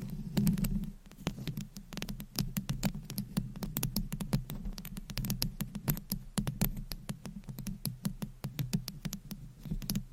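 Long nails scratch and tap on a microphone, a dense run of sharp clicks that reach high and come several times per second, irregular and uneven. Beneath them a continuous low rubbing rumble persists throughout the ten seconds.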